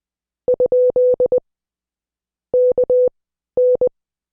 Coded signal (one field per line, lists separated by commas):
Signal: Morse code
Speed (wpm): 20 wpm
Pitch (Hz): 500 Hz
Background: none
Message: ? KN